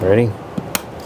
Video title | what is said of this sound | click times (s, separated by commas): START TO FINISH YZ500 Engine Build 🤯 BRC Racing YZM500 - Steel Frame Yamaha Two Stroke Dirt Bike | Let's hear that click. | 0.8 s